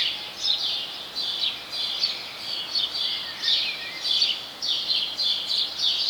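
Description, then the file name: House sparrow chirping, bright buzzy chirps repeated steadily about one and a half per second, with a few lower notes and a soft hiss behind. "Passer domesticus"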